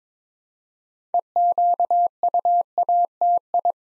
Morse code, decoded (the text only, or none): EQUATI